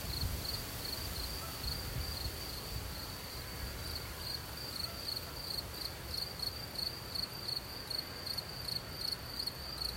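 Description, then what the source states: Cricket chirps pulse steadily at a high pitch, with soft wind noise underneath. Outdoors in nature with soft wind.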